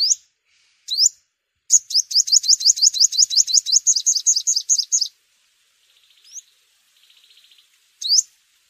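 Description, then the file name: Sunbird calls: a few sharp, high upslurred notes, then a long rapid run of rising chips, followed by faint, lower buzzy notes. "tieng-hut-mat-5-mau-liu"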